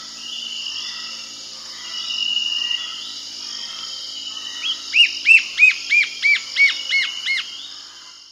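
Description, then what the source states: White-flanked antwren song: a quick series of several clear, arched whistled notes at an even pace, against a constant high background hum. South America.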